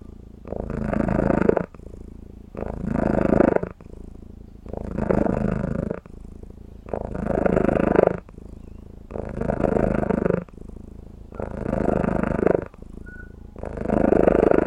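A cat purrs steadily in low, rumbling bursts, each lasting about a second and a half, rising and falling with its breathing throughout.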